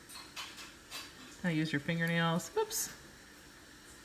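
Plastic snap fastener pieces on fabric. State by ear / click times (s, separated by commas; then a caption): not seated / none. Plastic snap fastener pieces on baby sleeper fabric are handled as they are about to be pushed together with a fingernail through the fabric. Faint light ticks of handling are heard while someone talks. Nothing has seated or snapped together yet.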